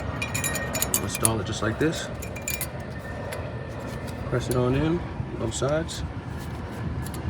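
A new metal brake pad abutment clip is handled and pressed onto the caliper bracket on both sides during a front brake pad replacement on a 2025 Kia Seltos. Light metallic clinks and taps are heard while someone talks. Nothing has seated or clicked yet.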